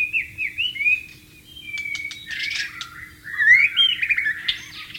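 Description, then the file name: White-rumped shama song, rich whistled phrases sliding and warbling, mixed with rapid chattering notes and short pauses, a steady low hum underneath. "suara burung murai batu di alam liar"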